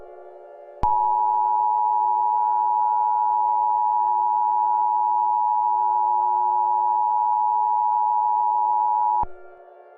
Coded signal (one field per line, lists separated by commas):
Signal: Emergency Alert System (SAME) tones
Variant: 853 and 960 Hz attention tone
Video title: (REDUX) EF6 - a EAS Scenario